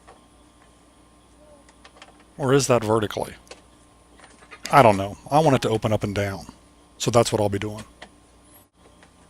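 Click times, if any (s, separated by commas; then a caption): 9.0 s. Someone talks while fitting the weatherproof cover onto a new outdoor GFCI outlet so the cover opens up and down, with a few faint ticks around 1.7–2.0 s. The cover's hinge pin gives a single short click at 9.0 s, locking the pin into place and seating the cover.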